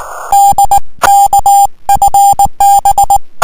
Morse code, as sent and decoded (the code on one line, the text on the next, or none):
-.. -.- ..-. -...
DKFB